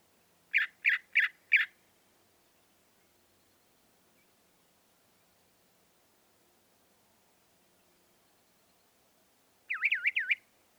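Northern mockingbird song: four sharp chirps in quick succession, a long quiet gap, then a short wavering warbled phrase at the end.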